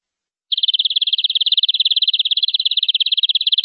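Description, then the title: Canary song: a steady, rapid high trill of evenly repeated notes, sustained for about three seconds without a break, with no other sounds. "BM Suara Kenari"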